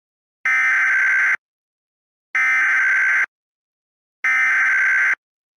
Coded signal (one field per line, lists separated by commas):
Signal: Emergency Alert System (SAME) tones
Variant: header bursts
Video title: EAS - A TOR for Chicago in 2014.